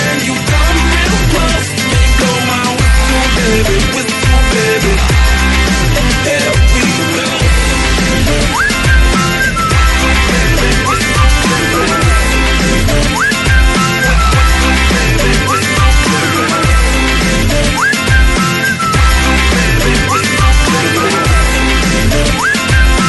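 A loud, steady pop track with a punchy beat and a bright whistled melody hook that repeats throughout, sliding up between notes over the full-band backing.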